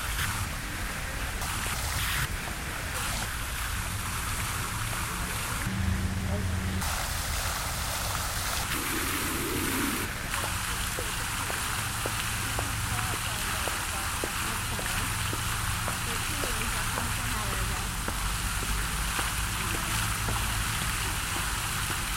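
A campus fountain splashes in a steady, dense hiss, with faint voices and a low hum of passing traffic underneath.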